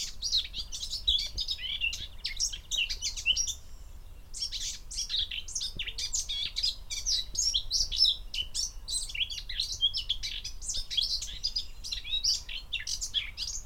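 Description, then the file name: Eurasian blackcap song: a dense, fast run of scratchy warbled notes and brief whistles, continuing almost without pause, with a short lull near four seconds. "Sylvia atricapilla"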